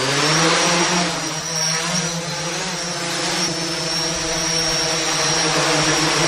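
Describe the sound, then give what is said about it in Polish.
A rescue drone's steady, high-pitched electric whine as it hovers in place over a target to check whether a person needs help, with buzzing rotor harmonics and a constant loud level throughout, no voices. “podlatuje, jest nad tym celem i jest w stanie zweryfikować, czy jest to osoba potrzebująca pomocy”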